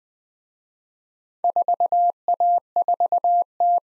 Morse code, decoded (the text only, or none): 4A4T